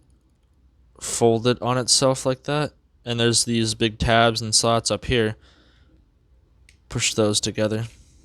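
Someone talks while folding a section of a Transformers Earthrise WFC-E9 Starscream robot toy onto itself and pushing its large plastic tabs toward their slots. A brief faint handling tick is heard near 6.7 seconds. Nothing has seated or clicked into place yet.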